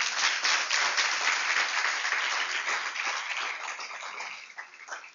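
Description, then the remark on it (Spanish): An audience applauds the Lord during a sermon in a steady, dense wash of many hands clapping at once, loud and sustained throughout before thinning slightly toward the end. “Le doy un aplauso al Señor en este día.”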